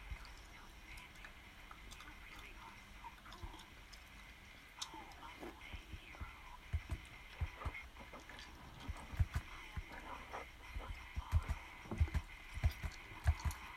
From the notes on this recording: sʟᴜʀᴘɪɴɢ, ᴄʜᴇᴡɪɴɢ, ᴄʀᴜɴᴄʜɪɴɢ, ᴛʏᴘɪɴɢ, sᴛɪʀʀɪɴɢ ᴀɴᴅ ᴀʟsᴏ ᴀɴɪᴍᴇ ɪɴ ᴛʜᴇ ʙᴀᴄᴋɢʀᴏᴜɴᴅ